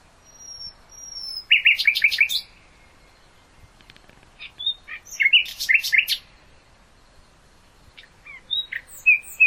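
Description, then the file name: Nightingale song opening with thin, high, drawn-out whistles, followed by two short bursts of rapid, clipped repeated notes and scattered high chirps. "nachtigall"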